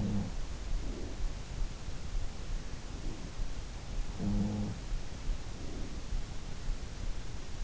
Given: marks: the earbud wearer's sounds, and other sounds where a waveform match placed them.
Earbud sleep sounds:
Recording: sounds in sleep by an in-ear microphone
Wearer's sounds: breath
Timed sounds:
0.00-1.53 s: sound from someone else or the room
0.65-1.53 s: breath
3.95-5.29 s: sound from someone else or the room
5.41-6.46 s: breath

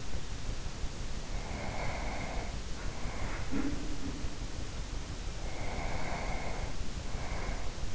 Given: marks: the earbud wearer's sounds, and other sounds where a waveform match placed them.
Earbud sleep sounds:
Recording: sounds in sleep by an in-ear microphone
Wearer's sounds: breath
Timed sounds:
1.29-4.31 s: breath
3.36-4.31 s: sound from someone else or the room
5.35-7.95 s: breath

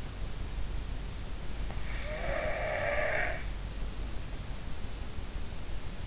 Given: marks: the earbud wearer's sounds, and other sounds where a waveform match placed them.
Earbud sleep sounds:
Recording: sounds in sleep by an in-ear microphone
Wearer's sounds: snoring breath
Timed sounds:
1.69-3.42 s: snoring breath

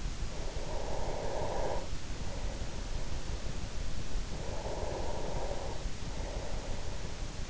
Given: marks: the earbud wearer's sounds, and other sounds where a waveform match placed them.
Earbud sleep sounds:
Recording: sounds in sleep by an in-ear microphone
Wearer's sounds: breath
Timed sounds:
0.16-3.97 s: breath
4.23-7.49 s: breath

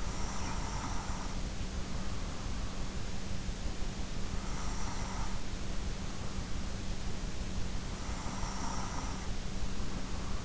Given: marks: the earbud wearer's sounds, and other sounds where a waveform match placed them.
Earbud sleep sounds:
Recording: sounds in sleep by an in-ear microphone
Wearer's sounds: breath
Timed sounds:
0.00-1.87 s: breath
3.96-6.27 s: breath
7.93-10.45 s: breath

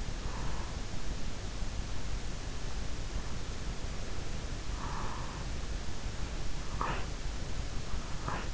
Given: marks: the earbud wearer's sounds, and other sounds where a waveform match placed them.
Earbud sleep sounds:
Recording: sounds in sleep by an in-ear microphone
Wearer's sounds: breath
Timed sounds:
0.18-0.92 s: breath
4.51-5.73 s: breath
6.56-7.17 s: breath
8.15-8.43 s: breath

